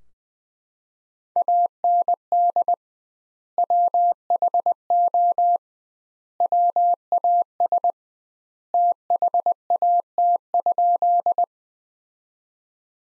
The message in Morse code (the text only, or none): AND WHO WAS THAT?